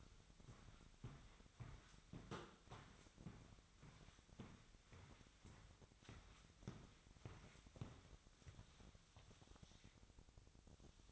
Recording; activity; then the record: daily activity, microphone in the room; walk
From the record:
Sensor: 3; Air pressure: 1001.6 hPa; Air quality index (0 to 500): 226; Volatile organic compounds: 32 ppm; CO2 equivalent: 3006 ppm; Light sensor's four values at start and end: 12/37/16/14 and 7/18/7/7